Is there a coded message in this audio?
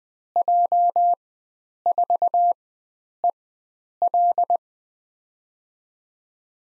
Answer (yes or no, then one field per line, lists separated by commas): yes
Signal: Morse code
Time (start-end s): 0.4-4.6 s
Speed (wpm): 20 wpm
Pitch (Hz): 700 Hz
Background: none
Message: J4EL